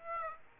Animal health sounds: mosquito wingbeat signal from an infrared sensor; Aedes aegypti

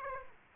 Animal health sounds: mosquito wingbeat signal from an infrared sensor; Aedes aegypti

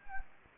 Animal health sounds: mosquito wingbeat signal from an infrared sensor; Anopheles gambiae

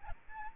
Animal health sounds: mosquito wingbeat signal from an infrared sensor; Aedes albopictus

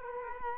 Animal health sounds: mosquito wingbeat signal from an infrared sensor; Culex quinquefasciatus

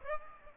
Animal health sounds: mosquito wingbeat signal from an infrared sensor; Aedes aegypti

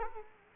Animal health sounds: mosquito wingbeat signal from an infrared sensor; Culex quinquefasciatus

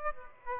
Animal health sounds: mosquito wingbeat signal from an infrared sensor; Aedes aegypti

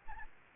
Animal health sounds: mosquito wingbeat signal from an infrared sensor; Aedes albopictus

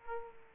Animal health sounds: mosquito wingbeat signal from an infrared sensor; Aedes aegypti

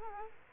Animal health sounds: mosquito wingbeat signal from an infrared sensor; Culex quinquefasciatus

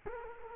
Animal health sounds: mosquito wingbeat signal from an infrared sensor; Culex quinquefasciatus

